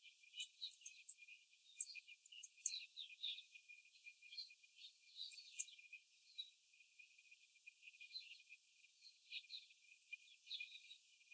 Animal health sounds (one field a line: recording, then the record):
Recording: young laying hens in a cage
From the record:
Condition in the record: after the stressor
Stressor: simulated dog barking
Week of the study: 4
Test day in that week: 3